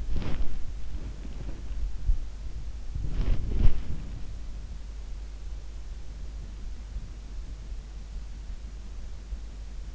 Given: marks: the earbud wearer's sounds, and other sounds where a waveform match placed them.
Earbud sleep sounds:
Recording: sounds in sleep by an in-ear microphone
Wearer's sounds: body movement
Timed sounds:
0.00-1.53 s: body movement
3.04-4.50 s: body movement

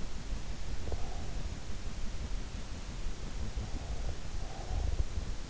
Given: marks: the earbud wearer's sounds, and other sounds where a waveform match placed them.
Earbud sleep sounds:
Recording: sounds in sleep by an in-ear microphone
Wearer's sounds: breath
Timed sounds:
0.10-2.04 s: breath
3.52-4.82 s: breath

